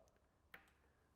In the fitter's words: and lock it into position